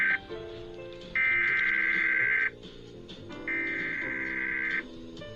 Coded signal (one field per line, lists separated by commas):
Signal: Emergency Alert System (SAME) tones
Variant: header bursts